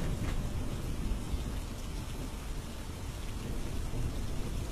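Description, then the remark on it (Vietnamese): Heavy rain pours in a steady, dense hiss while a deep thunder rumble rolls underneath, constant and loud throughout, with no voices. “Trời mưa bão sấm sét đùng đùng hả?”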